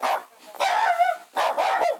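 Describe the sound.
Dog barking, three loud harsh barks in two seconds, the last two drawn out.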